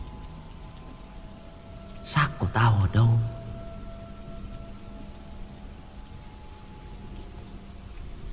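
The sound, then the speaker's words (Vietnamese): Steady, even rain patters on a tin roof from start to finish, a soft continuous hiss, broken briefly near the start by a short spoken phrase. “Mưa bắt đầu lộp bộp rơi trên mái tôn, tiếng gió rít lên từng hồi.”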